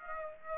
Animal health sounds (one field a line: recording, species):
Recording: mosquito wingbeat signal from an infrared sensor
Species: Aedes aegypti